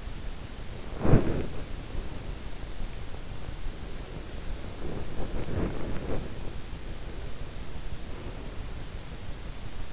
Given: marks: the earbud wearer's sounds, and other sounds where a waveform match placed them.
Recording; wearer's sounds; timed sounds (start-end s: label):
sounds in sleep by an in-ear microphone; body movement, breath
0.00-2.39 s: body movement
3.29-6.85 s: body movement
6.85-9.30 s: breath